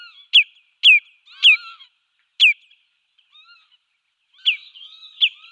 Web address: Schulze Peter Common Redshank calls